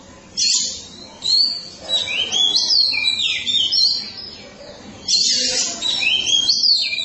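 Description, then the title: Oriental magpie-robin song: harsh, hissy bursts and clear sliding whistles in varied phrases with short gaps. Chirping song (kicauan) of the bird. "Suara Kicauan Burung Kacer Durasi Panjang"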